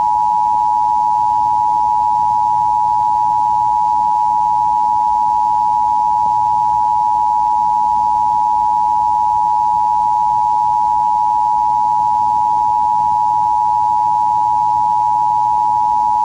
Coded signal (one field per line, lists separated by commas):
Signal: Emergency Alert System (SAME) tones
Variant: 853 and 960 Hz attention tone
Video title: [EAS] America's Last Month